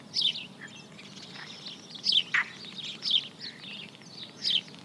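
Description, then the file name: Sparrow giving sharp, high chipping calls in a few short bright bursts. Recorded in marshes on 26 March 2006. "20060326 Marshes Sparrow"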